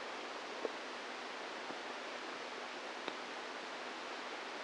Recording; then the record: brain microelectrode recording played as sound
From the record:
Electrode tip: inside the subthalamic nucleus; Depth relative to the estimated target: -1 mm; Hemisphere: right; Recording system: NeuroSet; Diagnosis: Parkinson's disease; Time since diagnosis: 10 years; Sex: female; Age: 45 years